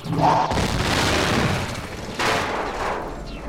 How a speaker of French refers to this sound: Sur son trajet vers la zone d'interférence, l'infante est interceptée par un croiseur arconé. Ras Chubai se téléporte à bord et sabote le réacteur, provoquant une explosion apparemment accidentelle du vaisseau.